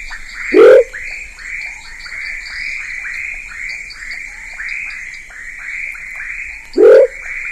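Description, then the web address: Giant thin-toed frog: two loud, short upward-sweeping whoops about six seconds apart over a steady chorus of rapid, repeated higher-pitched notes from other frogs. Ecuadorian Amazon, South America. "Natures Songs S America Frogs of Ecuadorian Amazon Leptodactylus stenodema"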